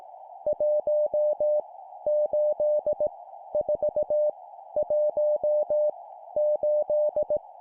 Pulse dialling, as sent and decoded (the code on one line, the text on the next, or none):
none